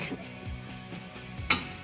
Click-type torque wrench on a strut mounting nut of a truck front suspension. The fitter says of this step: I'm gonna feel that click.